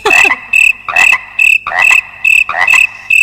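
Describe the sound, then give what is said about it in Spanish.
Frogs croak in loud, rhythmic bursts, roughly one every half second, each a raspy pulsing call layered over a steady high-pitched trill of crickets, with no talking. “Es que vienen acompañados de las ranas porque están flipando.”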